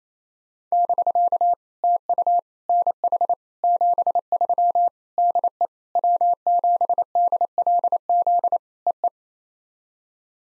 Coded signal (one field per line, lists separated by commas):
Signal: Morse code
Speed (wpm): 27 wpm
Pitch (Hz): 700 Hz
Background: none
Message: <BK> TU NH 73 DE W7DLZ EE